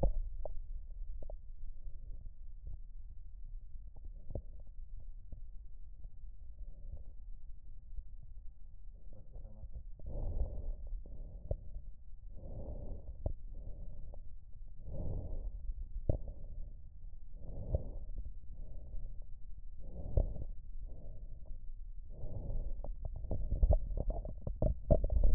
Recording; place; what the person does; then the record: lung sounds by stethoscope; right posterior basal chest; quiet breathing, then deep breathing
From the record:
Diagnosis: interstitial lung disease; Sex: female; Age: 70 years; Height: 160 cm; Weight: 93 kg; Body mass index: 36.3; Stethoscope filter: extended mode